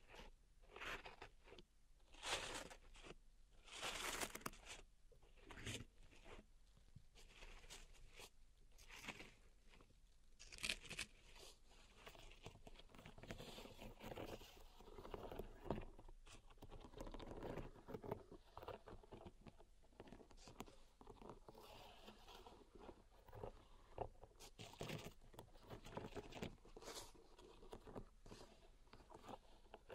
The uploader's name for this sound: Pink Salt Zen Garden Triggers